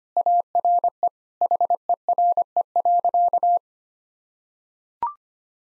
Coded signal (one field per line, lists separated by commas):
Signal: Morse code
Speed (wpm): 25 wpm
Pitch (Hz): 700 Hz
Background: none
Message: ARE HERE.